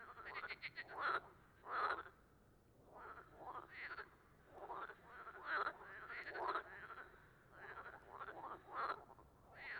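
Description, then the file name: Frogs giving harsh pulsed croaks in rattling bursts every second or two, some loud and some faint. Amphibians singing, 18 March 2017. "2017-03-18 tuilerie chant amphibiens grenouilles"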